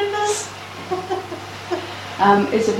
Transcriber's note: laughter